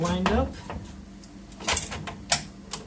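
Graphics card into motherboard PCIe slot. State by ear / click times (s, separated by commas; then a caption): seated / 2.3 s. Someone talks while a graphics card is pushed down into a motherboard PCIe slot, with short knocks and rattles around 1.7–1.8 s. At 2.3 s a sharp click sounds as the slot's little retention lever snaps back and locks the card in place, the same way RAM locks. A lighter tick follows at 2.7 s, and the card is seated.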